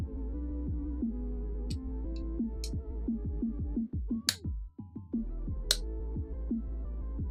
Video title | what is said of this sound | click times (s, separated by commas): Chatting while assembling the Mattel Brick Shop Corvette Grand Sport! | You hear that snap in place? | 5.7 s